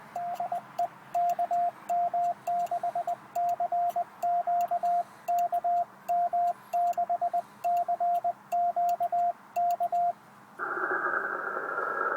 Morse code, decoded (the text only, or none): DEKM6CQKM6CQK